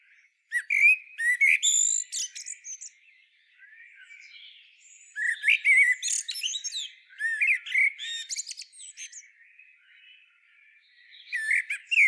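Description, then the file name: Common blackbird singing several phrases of whistled notes mixed with thin, high twittering, with softer notes between phrases. "Turdus merula"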